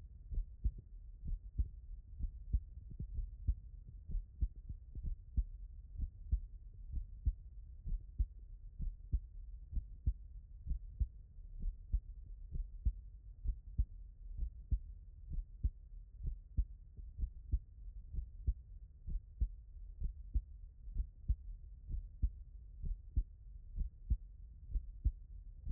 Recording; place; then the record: heart sounds by stethoscope; tricuspid valve (TV)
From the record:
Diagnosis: non-HFrEF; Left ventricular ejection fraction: 45%